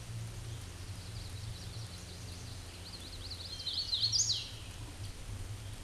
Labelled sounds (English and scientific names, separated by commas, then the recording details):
Hooded Warbler (Setophaga citrina) song
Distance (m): 20 m
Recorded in a Pennsylvania forest on 18 May 2023 at 11:02
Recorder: AudioMoth, point grid1_31_low
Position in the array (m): 137 m, 109 m